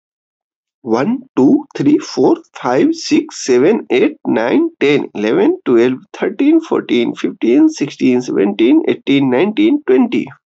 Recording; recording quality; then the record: counting at a fast pace; excellent, no background noise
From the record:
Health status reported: healthy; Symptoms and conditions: none ticked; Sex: male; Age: 25 years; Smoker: not ticked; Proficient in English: yes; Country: India